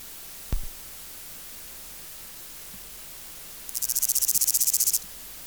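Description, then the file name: Bolivar's grasshopper giving a single high buzzy phrase of quick regular pulses near the end, preceded earlier by a lone sharp click in background hiss. "Omocestus bolivari"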